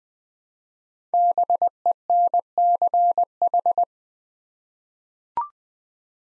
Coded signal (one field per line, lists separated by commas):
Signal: Morse code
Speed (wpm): 20 wpm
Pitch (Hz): 700 Hz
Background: none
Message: BENCH